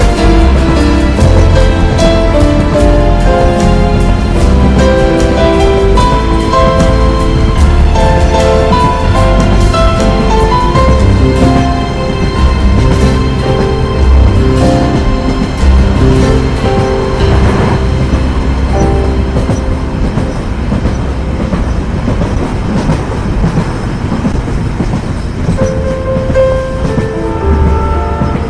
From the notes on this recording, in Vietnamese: tiếng tàu chạy xình xịch